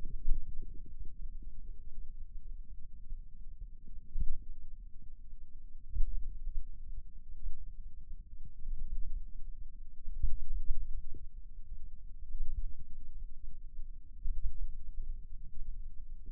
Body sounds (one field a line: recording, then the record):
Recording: forearm muscle sounds (acoustic myography)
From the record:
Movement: pen grasping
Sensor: system 2, bracelet of six BSWA MPA416 microphones around the upper forearm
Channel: 5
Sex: male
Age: 22 years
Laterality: right